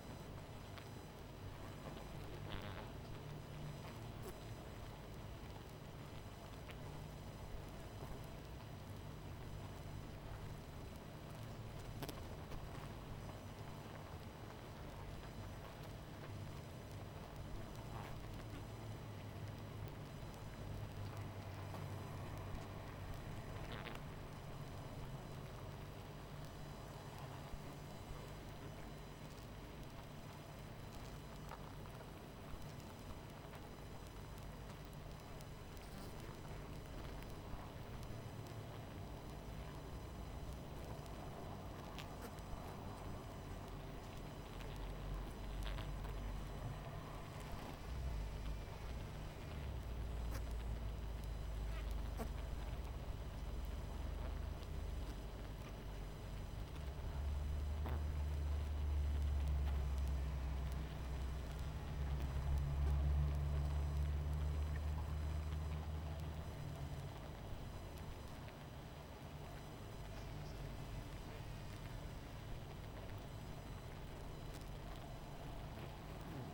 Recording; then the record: honeybee colony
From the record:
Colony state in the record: missing queen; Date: 14 July 2017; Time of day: 22:57